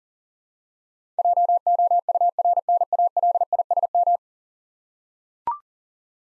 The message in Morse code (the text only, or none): JOURNALISM